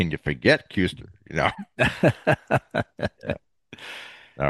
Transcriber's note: laughs